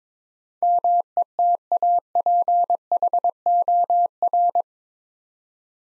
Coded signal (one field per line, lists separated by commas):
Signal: Morse code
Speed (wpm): 22 wpm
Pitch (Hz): 700 Hz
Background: none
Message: METAPHOR